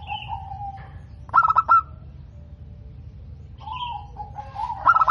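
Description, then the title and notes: Zebra dove: a loud burst of rapid, stuttering notes between softer level tones, with another burst starting at the end. Local zebra dove (perkutut lokal) singing actively (gacor), its voice described as clear and loud. "PERKUTUT LOKAL GACOR Suara KRISTAL LANTANG. Kicau Burung Perkutut"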